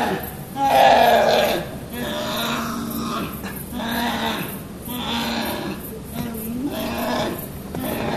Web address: brown bear